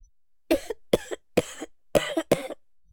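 Five short, sharp cough bursts come in quick succession over about two seconds, each with an abrupt onset and a brief trailing tail. A plain adult woman's cough, with quiet background between coughs.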